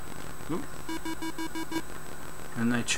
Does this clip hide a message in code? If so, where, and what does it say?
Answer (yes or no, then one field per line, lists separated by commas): no